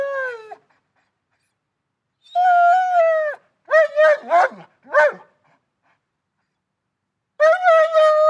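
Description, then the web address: German Shepherd dog whining in drawn-out tones, with a burst of four sharp barks between whines and quiet gaps. "Big Room Sound Dog German Shepherd Whines Barks"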